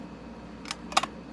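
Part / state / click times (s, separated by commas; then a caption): lid onto tarot card storage tin / seated / 1.0 s. The metal lid of a tarot deck's tin, which holds the cards and guidebook, is pressed down on top and clicks into place. A light tap comes at about 0.7 s, then a quick cluster of sharp metallic clicks, the loudest at 1.0 s, over a low steady hum. The lid is seated.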